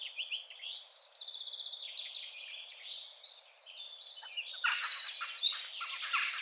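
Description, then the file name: Eurasian wren song building from softer high notes into loud, fast rattling trills through the second half. "Troglodytes troglodytes"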